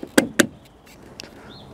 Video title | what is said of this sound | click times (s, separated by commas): Customising your ID.3 - DIY fit, new mirror caps and dynamic indicators | and then just put even pressure across the whole glass and just push it backwards until it clicks so | 0.2 s, 0.4 s